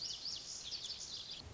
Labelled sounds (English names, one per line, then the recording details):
Lazuli Bunting
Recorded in Sonoma County, California